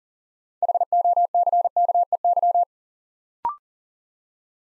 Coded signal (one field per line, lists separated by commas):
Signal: Morse code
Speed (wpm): 42 wpm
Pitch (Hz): 700 Hz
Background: none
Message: HOCKEY